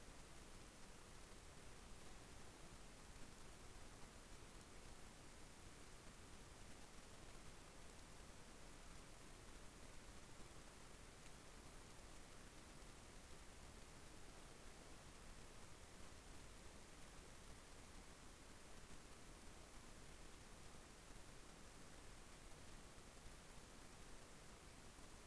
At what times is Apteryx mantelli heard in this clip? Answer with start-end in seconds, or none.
none